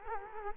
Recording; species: mosquito wingbeat signal from an infrared sensor; Culex quinquefasciatus